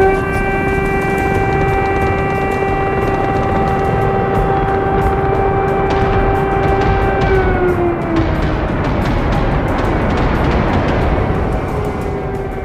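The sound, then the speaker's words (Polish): A loud, sustained air raid siren in Lviv, Ukraine, sounding during Russian attacks to send residents to shelters, holds a steady wailing tone with strong harmonics, then slowly winds down in pitch near the end over a constant rumbling background. “Lwowa zaapelował do wszystkich mieszkańców, aby kiedy słyszą syreny, chowali się do schronów.”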